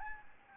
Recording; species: mosquito wingbeat signal from an infrared sensor; Anopheles gambiae